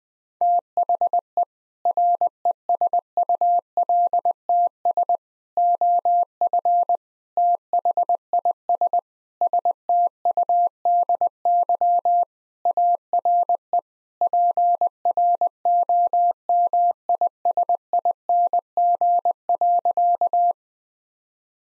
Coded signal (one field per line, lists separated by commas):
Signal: Morse code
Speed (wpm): 20 wpm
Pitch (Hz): 700 Hz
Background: none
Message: THE RESULTS OF THIS STUDY ARE PROMISING.